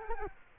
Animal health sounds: mosquito wingbeat signal from an infrared sensor; Culex quinquefasciatus

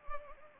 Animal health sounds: mosquito wingbeat signal from an infrared sensor; Anopheles arabiensis

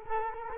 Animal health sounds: mosquito wingbeat signal from an infrared sensor; Culex quinquefasciatus

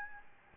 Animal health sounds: mosquito wingbeat signal from an infrared sensor; Aedes albopictus

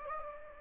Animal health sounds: mosquito wingbeat signal from an infrared sensor; Anopheles gambiae

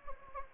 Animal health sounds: mosquito wingbeat signal from an infrared sensor; Anopheles gambiae

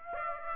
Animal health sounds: mosquito wingbeat signal from an infrared sensor; Aedes aegypti

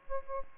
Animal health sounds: mosquito wingbeat signal from an infrared sensor; Aedes aegypti

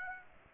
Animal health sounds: mosquito wingbeat signal from an infrared sensor; Aedes aegypti

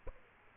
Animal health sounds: mosquito wingbeat signal from an infrared sensor; Aedes aegypti

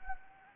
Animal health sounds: mosquito wingbeat signal from an infrared sensor; Anopheles gambiae

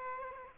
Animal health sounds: mosquito wingbeat signal from an infrared sensor; Aedes aegypti

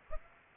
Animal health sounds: mosquito wingbeat signal from an infrared sensor; Aedes aegypti

